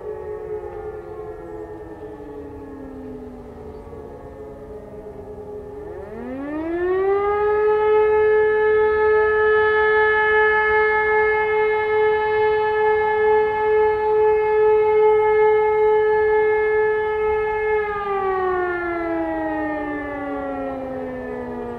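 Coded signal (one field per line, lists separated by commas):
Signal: siren signal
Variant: E57 electromechanical siren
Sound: distant siren fading, then a nearby motor siren winds up, holds about 10 seconds, winds down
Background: distant other sirens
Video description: Monatlicher Probealarm der Feuerwehrsirenen in Bornheim am 28.11.2020 um 11 Uhr mit dem Signal "Feueralarm".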